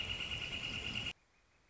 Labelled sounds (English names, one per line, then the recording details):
Northern Flicker
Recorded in Sonoma County, California